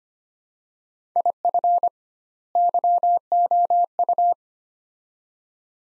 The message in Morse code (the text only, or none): IF YOU